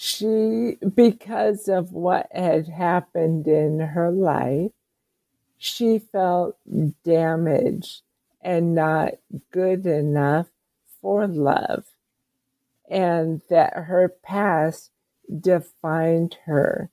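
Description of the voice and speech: An adult woman speaks slowly and effortfully, with long pauses, drawn-out sounds and creaky voice: dysarthria from ALS, diagnosed about seven years earlier, with very slow progression. Her voice is slow and her talking limited.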